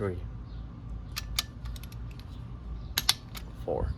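A click-type torque wrench re-checks the fourth head bolt on a D16 cylinder head, and the bolt passes its torque check. The wrench clicks sharply at 3.0 s and 3.1 s. Someone talks briefly.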